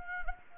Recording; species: mosquito wingbeat signal from an infrared sensor; Anopheles gambiae